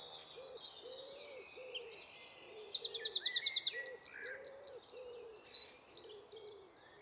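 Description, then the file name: Eurasian wren song, fast high trills and twitters, over soft low hoots repeating in the background. "Troglodytes troglodytes"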